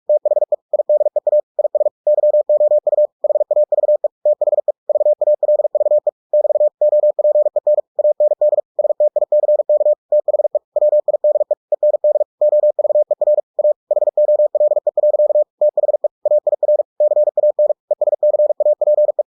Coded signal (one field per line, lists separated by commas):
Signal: Morse code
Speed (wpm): 46 wpm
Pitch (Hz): 600 Hz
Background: none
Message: THE IDEA IS YOU HAVE THE VALVE <BT> OPEN AND STICK THE WIDE END OVER A HOLE. THE AIR CAN ESCAPE